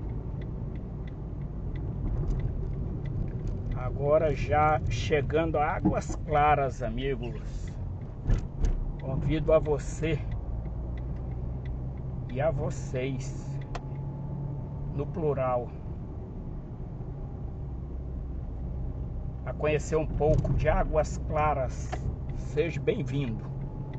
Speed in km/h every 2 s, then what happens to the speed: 40, 31, 24, 26, 33, 38, 40, 40, 37, 37, 38, 41.
0-5 slows to 24. 5-10 speeds up to 38. 10-24 steady at about 38.